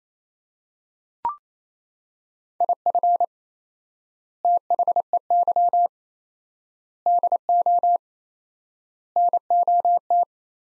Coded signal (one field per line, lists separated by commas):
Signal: Morse code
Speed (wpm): 28 wpm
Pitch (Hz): 700 Hz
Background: none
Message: IF THEY DO NOT